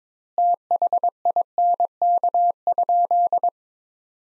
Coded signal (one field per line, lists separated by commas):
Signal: Morse code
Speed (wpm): 21 wpm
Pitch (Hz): 700 Hz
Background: none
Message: THINK?